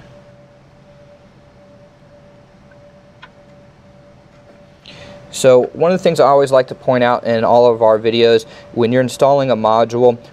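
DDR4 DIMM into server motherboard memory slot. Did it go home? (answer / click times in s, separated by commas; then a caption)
no / none. A DDR4 DIMM is lined up over slot A1 of a Dell PowerEdge MX750c server motherboard memory slot. Only faint handling sounds and two brief soft ticks near 3.2 s and 4.9 s are heard over a steady low hum, and from about 5.4 s someone talks. The module is not yet fully seated, and nothing has clicked yet.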